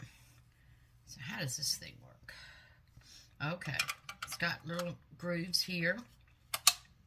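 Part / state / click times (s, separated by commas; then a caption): blade insert into kitchen cutter frame / seated / 6.5 s, 6.7 s. Someone talks while a plastic blade insert is slid along its grooves into a kitchen cutter frame. Two sharp clicks are heard at 6.5 s and 6.7 s as the insert snaps in and seats.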